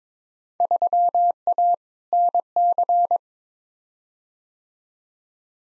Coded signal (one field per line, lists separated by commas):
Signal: Morse code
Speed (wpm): 22 wpm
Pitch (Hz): 700 Hz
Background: none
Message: 3A NC